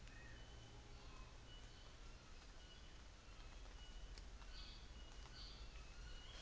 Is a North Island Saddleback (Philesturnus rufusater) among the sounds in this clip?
yes